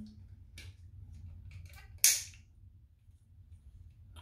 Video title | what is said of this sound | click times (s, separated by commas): Vintage-Rasierer-Test: Gillette Trac II (Anfang 1970er) | also es ist die alte Klingel hier eingerastet und dann | 2.0 s